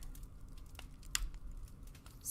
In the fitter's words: Satisfying click. Like so chunky, eh?